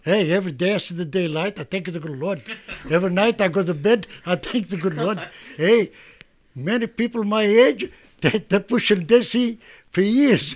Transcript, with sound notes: Hey, everyday I see the daylight I thank the good Lord. Every night I go to bed I thank the good Lord. (Everyone laughs) Hey, many people my age, they pushing daisies for years.